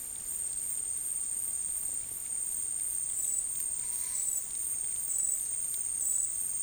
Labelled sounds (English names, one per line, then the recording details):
none
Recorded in dense forest near Puerto Asís, Putumayo, Colombia, on 23 June 2025 at 12:30
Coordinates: 0.503, -76.323
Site G059